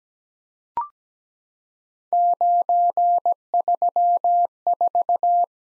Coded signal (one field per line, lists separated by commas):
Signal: Morse code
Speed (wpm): 17 wpm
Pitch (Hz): 700 Hz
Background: none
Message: 934